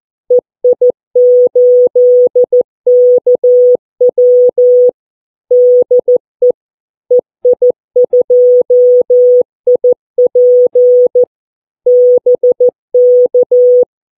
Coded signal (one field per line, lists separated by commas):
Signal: Morse code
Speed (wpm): 14 wpm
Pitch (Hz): 490 Hz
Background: none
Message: EI8KW DE EI2IP BK